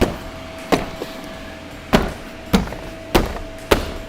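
A plastic interior door trim panel on a 2019–2022 RAM 1500 is pressed back onto the truck door with a few firm pushes. Its retaining clips snap in one after another with sharp clicks at 2.0, 2.6, 3.2 and 3.7 seconds, and the panel ends up fully seated. A steady faint tone runs underneath, and there is a softer knock near 0.7 seconds.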